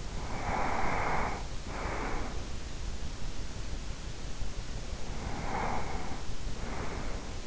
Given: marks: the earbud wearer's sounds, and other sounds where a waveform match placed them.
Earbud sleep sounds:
sounds in sleep by an in-ear microphone; breath
0.10-2.66 s: breath
4.97-7.47 s: breath

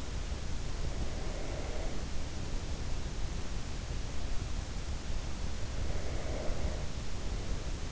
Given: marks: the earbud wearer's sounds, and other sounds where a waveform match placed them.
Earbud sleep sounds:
sounds in sleep by an in-ear microphone; breath
0.73-3.38 s: breath
5.00-7.92 s: breath

